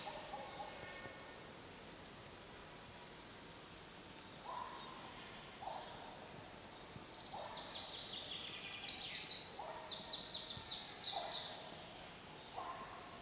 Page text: Dmitry Kulakov - Зелёная пеночка (Phylloscopus trochiloides)